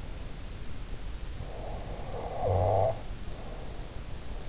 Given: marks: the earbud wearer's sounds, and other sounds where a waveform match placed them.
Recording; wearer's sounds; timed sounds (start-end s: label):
sounds in sleep by an in-ear microphone; snoring breath
1.36-4.37 s: snoring breath